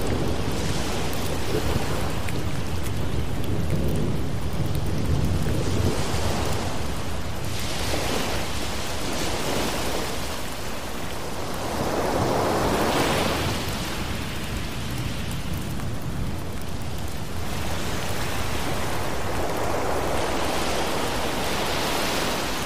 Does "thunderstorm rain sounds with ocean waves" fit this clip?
yes